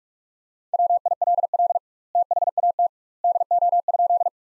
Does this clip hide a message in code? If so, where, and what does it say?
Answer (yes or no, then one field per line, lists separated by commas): yes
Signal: Morse code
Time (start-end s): 0.7-4.3 s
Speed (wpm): 41 wpm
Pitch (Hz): 700 Hz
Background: none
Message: WILL THAT DO?